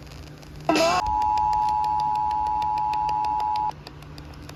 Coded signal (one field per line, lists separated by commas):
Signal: Emergency Alert System (SAME) tones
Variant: 853 and 960 Hz attention tone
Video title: EAS #113/131 | Monthly Test Alerts 8/1/2023 & 8/2/2023